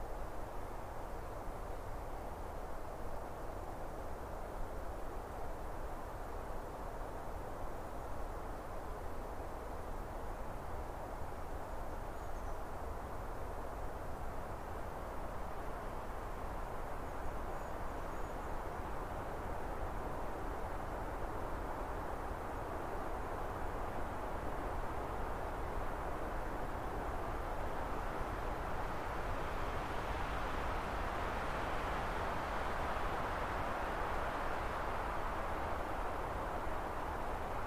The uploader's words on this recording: Winds of the Frozen Forest. A simple, relaxing experience featuring cold wind in a frozen forest.